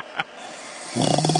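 After a faint click and near silence, a loud, low, rattling buzz begins: the onset of an adult woman's snore, which builds as it goes.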